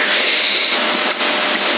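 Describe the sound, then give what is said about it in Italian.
A power supply heard over CB radio in Sassari whines with a loud, steady whirring hiss that holds constant throughout, with only a brief dip partway through and no voices. “E qua come gira, qui l'alimentatore ha cominciato a frignare.”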